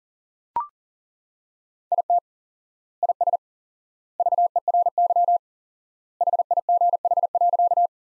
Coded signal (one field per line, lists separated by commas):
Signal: Morse code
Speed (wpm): 40 wpm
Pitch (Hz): 700 Hz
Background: none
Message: IT IS VERY HIGH.